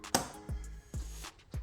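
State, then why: Seated. A wiring harness electrical connector is slid onto the mass air flow sensor of a 2023 Nissan Altima SL with the 2.5L PR25DD engine, after a check that the gasket is in place and undeformed and the wire is not twisted. Its plastic latch gives a sharp click at 0.1 s. Low tonal sweeps and hum follow, and the connector is tugged and confirmed locked and seated.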